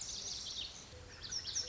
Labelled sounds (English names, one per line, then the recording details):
Lazuli Bunting
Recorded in Sonoma County, California